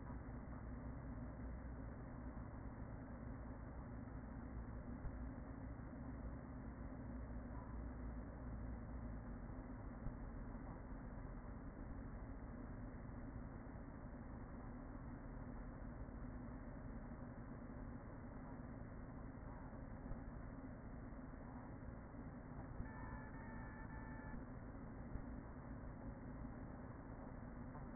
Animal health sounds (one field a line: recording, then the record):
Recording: honeybee colony, microphone inside the hive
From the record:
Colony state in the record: queen present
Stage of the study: after two queens were removed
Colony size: about 40,000 bees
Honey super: no